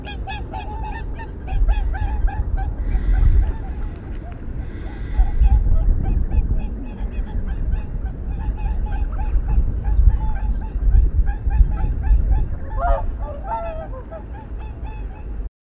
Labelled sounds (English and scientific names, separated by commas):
Whooper Swan (Cygnus cygnus) call